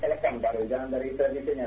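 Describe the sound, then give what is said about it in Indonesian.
A muffled, tinny voice from a caller's television broadcast in Jember, East Java, Indonesia, comes through a phone line, steady and continuous, with the thin, band-limited tone of audio picked up over a call. “Dikecilkan dulu suara televisinya, Pak.”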